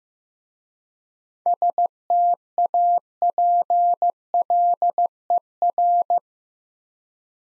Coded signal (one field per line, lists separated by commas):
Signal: Morse code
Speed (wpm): 15 wpm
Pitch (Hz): 700 Hz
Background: none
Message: STAPLER